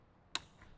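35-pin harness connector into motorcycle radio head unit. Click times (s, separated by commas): 0.4 s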